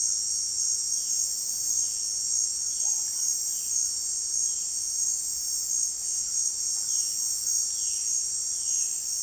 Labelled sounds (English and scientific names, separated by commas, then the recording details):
none
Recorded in secondary vegetation near Puerto Asís, Putumayo, Colombia, on 29 June 2025 at 16:30
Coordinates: 0.485, -76.322
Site GP06